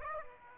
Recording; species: mosquito wingbeat signal from an infrared sensor; Aedes aegypti